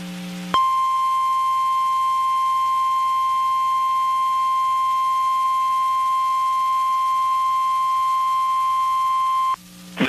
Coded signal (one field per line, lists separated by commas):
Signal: Emergency Alert System (SAME) tones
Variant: 1050 Hz attention tone